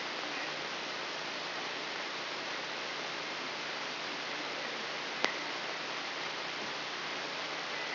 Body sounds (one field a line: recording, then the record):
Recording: brain microelectrode recording played as sound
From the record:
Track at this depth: inside the subthalamic nucleus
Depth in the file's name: 3.908 mm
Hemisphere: left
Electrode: 3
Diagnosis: Parkinson's disease